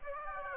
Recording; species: mosquito wingbeat signal from an infrared sensor; Aedes aegypti